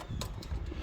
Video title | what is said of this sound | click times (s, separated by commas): Locksmith Service Calls Afternoon 10/27/21 | right even with that simplex plate on it it's not latching in the way it should | none